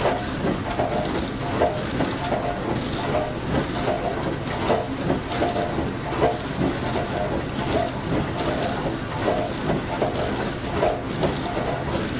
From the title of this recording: Dishwasher Sound